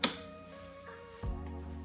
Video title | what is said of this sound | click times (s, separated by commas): Effortless Fold and Go Scooter - Pride i-Go Folding Scooter In-Depth Demonstration | and push down on our seat and we want to push it all the way until we hear it click | 0.0 s